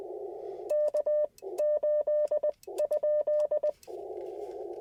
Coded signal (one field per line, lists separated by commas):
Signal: Morse code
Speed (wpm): 20 wpm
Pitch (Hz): 600 Hz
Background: radio noise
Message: K 8 ?